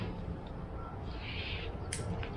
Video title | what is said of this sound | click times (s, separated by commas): How to replace the suspension on a WJ Jeep Grand Cherokee Overland. Day 2 | yeah hear that click that's what you want | 1.9 s